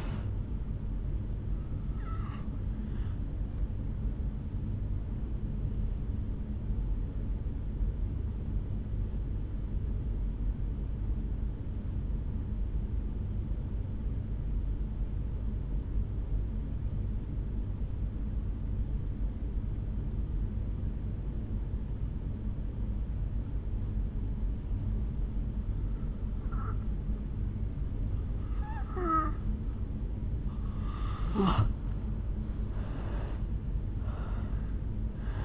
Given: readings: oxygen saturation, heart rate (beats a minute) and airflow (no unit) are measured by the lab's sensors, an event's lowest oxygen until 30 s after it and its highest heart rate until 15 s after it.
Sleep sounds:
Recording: breathing in sleep by a smartphone at the bedside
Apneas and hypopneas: 1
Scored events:
13.00-26.50 s: obstructive apnea (N2, oxygen 93% highest, then 82% lowest, heart rate 58 at the start, 72 highest)
From the record:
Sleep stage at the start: N2 (light sleep)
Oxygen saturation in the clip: 83 to 94%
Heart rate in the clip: 56 to 71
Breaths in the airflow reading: 6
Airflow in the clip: -6.7 to 3.6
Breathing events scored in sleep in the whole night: 449 in 7.0 hours asleep

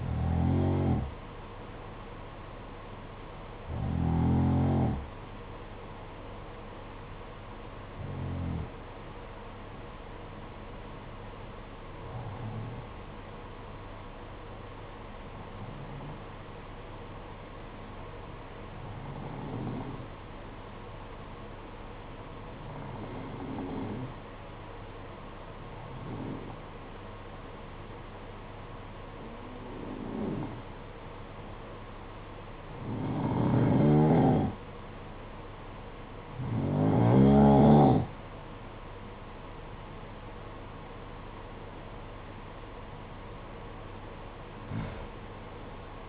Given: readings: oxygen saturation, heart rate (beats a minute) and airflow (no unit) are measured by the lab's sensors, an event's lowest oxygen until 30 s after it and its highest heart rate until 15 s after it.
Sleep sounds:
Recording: breathing in sleep by a voice recorder at the bedside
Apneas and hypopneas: 1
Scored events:
8.00-38.00 s: new sleep stage, N1 (lightest sleep)
8.00-39.80 s: hypopnea (N2, oxygen 94% highest, then 88% lowest, heart rate 54 at the start, 64 highest)
38.00-46.09 s: new sleep stage, N2 (light sleep)
From the record:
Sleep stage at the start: N2 (light sleep)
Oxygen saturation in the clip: 88 to 94%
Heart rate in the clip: 52 to 64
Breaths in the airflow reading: 13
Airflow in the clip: -11.3 to 15.8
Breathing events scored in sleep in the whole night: 476 in 9.7 hours asleep

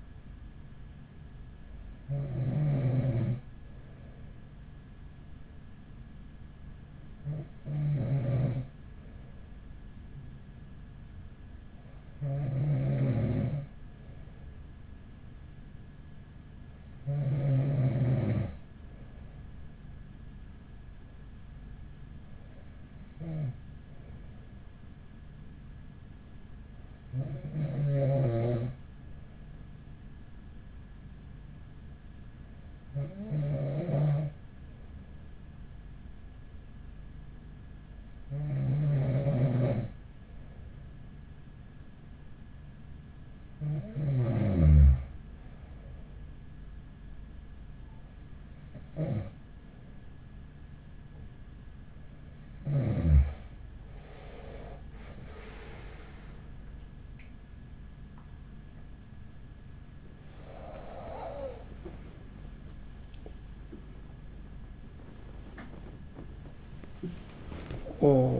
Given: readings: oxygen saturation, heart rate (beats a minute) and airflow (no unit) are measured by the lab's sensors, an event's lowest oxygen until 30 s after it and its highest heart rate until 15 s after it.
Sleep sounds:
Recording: breathing in sleep by a smartphone at the bedside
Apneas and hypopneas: 1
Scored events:
34.00-61.80 s: hypopnea (N2, oxygen 95% highest, then 94% lowest, heart rate 41 at the start, 77 highest)
51.00-68.40 s: new sleep stage, awake
54.00-68.40 s: awake
From the record:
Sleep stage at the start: N2 (light sleep)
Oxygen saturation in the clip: 94 to 95%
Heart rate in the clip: 40 to 61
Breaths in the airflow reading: 12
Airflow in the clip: -12.4 to 11.2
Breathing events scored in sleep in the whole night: 207 in 7.6 hours asleep

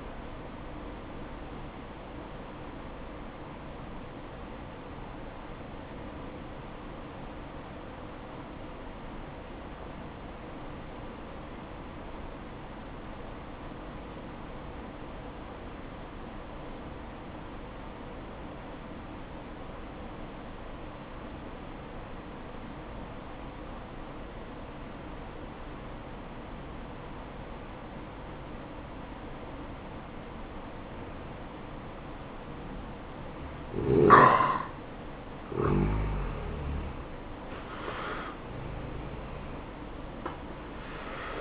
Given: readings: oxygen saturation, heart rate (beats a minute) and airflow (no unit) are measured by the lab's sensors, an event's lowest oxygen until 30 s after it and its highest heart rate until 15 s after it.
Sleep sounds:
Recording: breathing in sleep by a voice recorder at the bedside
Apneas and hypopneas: 1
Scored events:
4.00-36.90 s: obstructive apnea (N1, oxygen 96% highest, then 86% lowest, heart rate 58 at the start, 66 highest)
21.00-41.41 s: new sleep stage, N2 (light sleep)
From the record:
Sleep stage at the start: N1 (lightest sleep)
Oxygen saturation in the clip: 86 to 96%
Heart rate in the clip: 56 to 64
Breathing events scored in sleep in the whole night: 573 in 9.8 hours asleep

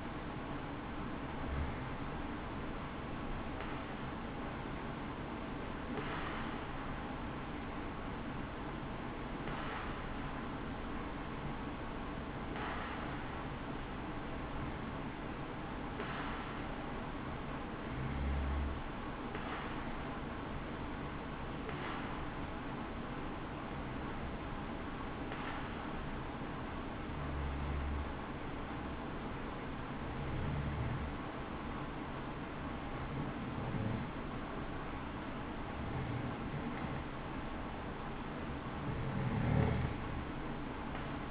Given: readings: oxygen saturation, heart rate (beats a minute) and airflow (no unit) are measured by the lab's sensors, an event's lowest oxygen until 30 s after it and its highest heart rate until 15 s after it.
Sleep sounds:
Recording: breathing in sleep by a voice recorder at the bedside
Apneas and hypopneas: 1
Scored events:
19.00-36.10 s: hypopnea (N2, oxygen 94% highest, then 90% lowest, heart rate 64 at the start, 69 highest)
From the record:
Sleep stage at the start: N2 (light sleep)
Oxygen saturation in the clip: 92 to 94%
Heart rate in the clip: 62 to 69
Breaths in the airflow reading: 13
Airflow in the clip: -6.4 to 5.8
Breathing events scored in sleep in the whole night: 216 in 7.0 hours asleep

